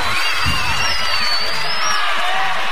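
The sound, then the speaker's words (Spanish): A crowd of young fans at a live cumbia show shouting and cheering together, a loud, sustained roar of many voices with high whoops and yells rising over the din. “El grito de los pibes que les cabe salir de gira, ¿dónde está?”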